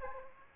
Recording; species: mosquito wingbeat signal from an infrared sensor; Aedes aegypti